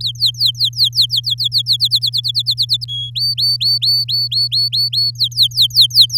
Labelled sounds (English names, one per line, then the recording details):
Domestic Canary song
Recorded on 10 May 2018 at 17:09
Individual llb16